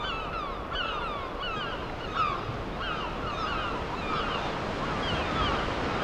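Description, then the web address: Gulls calling, scattered short downslurred cries over a steady wash of surf. Gulls with ocean waves, ambient seaside sound. "Deezer - Dormir au bord de l'océan 32-Vagues et mouettes"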